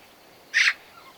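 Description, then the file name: Eurasian magpie giving a single short, harsh, rasping chack note, broad and noisy, over a quiet background. "Pica pica"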